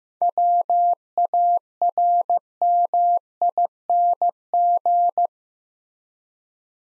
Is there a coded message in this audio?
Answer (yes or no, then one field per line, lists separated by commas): yes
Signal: Morse code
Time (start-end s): 0.2-5.3 s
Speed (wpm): 15 wpm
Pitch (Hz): 700 Hz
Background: none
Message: WARMING